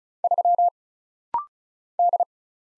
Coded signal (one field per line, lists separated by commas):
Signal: Morse code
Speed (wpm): 36 wpm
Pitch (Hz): 700 Hz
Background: none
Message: 3 D